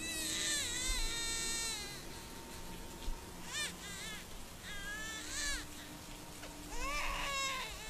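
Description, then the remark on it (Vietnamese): A baby, woken up without its mother and cold, cries loudly in a series of high, wavering wails that tremble with the cold, each breaking off into short quivering sobs before starting again, with no voices alongside. “Đứa trẻ hiếu thiếu hơi mẹ, liền tỉnh giấc, rồi gào lên thật to, tiếng khóc run run vì lạnh.”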